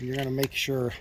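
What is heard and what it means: Someone talks while putting the other nozzle tip back into the quick-connect on the wand of a Ryobi 1800 psi electric pressure washer, with a brief burst of handling noise around 0.4 s. The tip must click in, or it can fly off as a projectile and damage the car. Nothing has seated or clicked yet.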